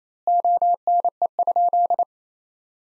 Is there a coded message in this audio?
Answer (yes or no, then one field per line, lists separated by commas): yes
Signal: Morse code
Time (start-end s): 0.3-2.0 s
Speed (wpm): 28 wpm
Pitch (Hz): 700 Hz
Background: none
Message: ONE?